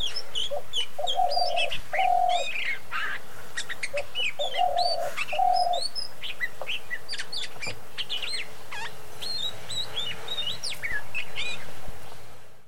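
Oriental magpie-robin song: varied, sweet whistled phrases with rising and falling slurs, over paired low hooting coos from another bird.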